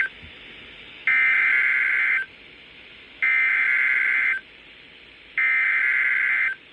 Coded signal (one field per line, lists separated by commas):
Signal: Emergency Alert System (SAME) tones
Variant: header bursts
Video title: Winter Storm Watches (EAS #1,800 - 1,801)